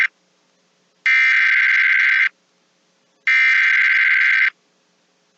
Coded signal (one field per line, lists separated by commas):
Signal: Emergency Alert System (SAME) tones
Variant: header bursts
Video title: EAS Severe Thunderstorm Watch SE Minnesota and western Wisconsin NOAA Weather radio KEC65